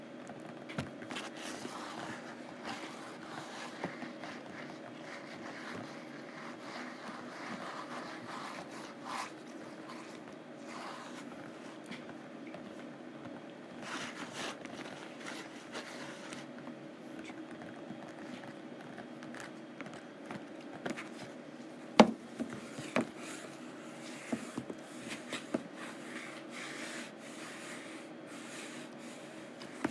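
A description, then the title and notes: Rough canvas is scratched and rubbed in a steady, dense rasp over a low hum, with sharper taps around 22 seconds and after. ASMR Rough Canvass: Scratching and Tapping.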